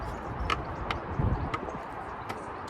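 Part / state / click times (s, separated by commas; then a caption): DSG gearbox oil filter element into its filter housing cap / seated / 0.5 s, 0.9 s. A new DSG gearbox oil filter element for an MK5 Golf R32 is pushed by hand into its plastic filter housing cap fitted with a new O-ring, on a driveway. Two sharp clicks sound at 0.5 s and 0.9 s over a steady low rumble, with a fainter tick at 1.5 s. The filter element is seated in the cap.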